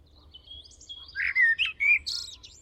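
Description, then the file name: Common blackbird song phrase, with a faint high whistle first, then loud mellow warbled notes and a scratchy high flourish to close. "Turdus merula"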